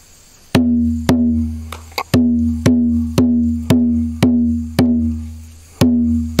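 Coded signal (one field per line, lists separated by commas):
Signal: drum signal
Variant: garamut rhythms on kundu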